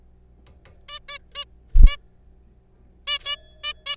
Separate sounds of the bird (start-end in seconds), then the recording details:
0.89-0.99, 1.09-1.18, 1.35-1.44, 1.86-1.97, 3.07-3.18, 3.26-3.36, 3.63-3.73, 3.86-3.96. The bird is a juvenile. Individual R3428